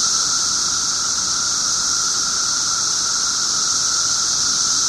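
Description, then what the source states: Periodical cicadas in a steady, unbroken droning chorus: a high hissing buzz with a clear whining tone beneath it, holding level throughout. 17-year periodical cicadas recorded 18 June 2007 at 1:00 pm.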